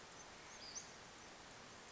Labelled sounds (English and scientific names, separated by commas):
Western Flycatcher (Empidonax difficilis)